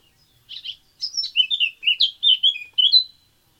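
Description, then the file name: Eurasian blackcap song, a quick run of varied warbling notes that starts with a short burst, pauses, then chatters on for about two seconds. "Sylvia atricapilla"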